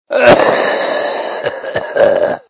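An adult's cough: a continuous harsh, somewhat wheezy sound broken by about four sharp bursts.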